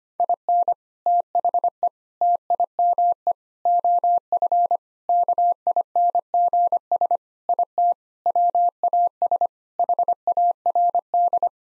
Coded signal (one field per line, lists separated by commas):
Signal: Morse code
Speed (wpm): 25 wpm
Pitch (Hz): 700 Hz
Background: none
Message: IN THE TIME OF KINGS IT WAS HARD